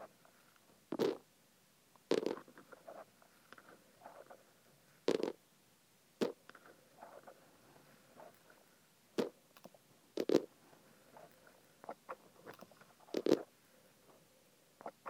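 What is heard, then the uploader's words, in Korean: Sesame seeds being put into an ear make a string of dry, crackling rustles. Louder bursts land about every one to three seconds, near 1, 2, 5, 6, 9, 10 and 13 seconds, with softer ticks and scratches between them over a quiet backdrop. 귀에 참깨 넣는 소리.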